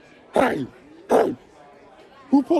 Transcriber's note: bark